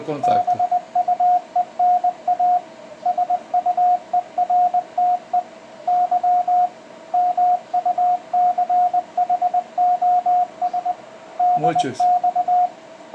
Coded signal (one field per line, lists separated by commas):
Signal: Morse code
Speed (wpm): 20 wpm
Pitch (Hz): 720 Hz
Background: speech, radio noise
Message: BUENA SUERTE Y MUCHOS DX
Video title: CX8ABF QSO ON 10M CW